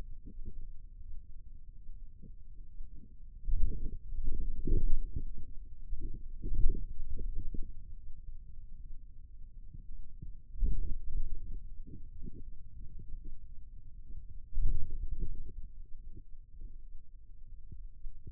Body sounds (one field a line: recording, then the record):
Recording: forearm muscle sounds (acoustic myography)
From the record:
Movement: wrist flexion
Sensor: system 2, bracelet of six BSWA MPA416 microphones around the upper forearm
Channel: 3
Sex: male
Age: 22 years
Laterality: right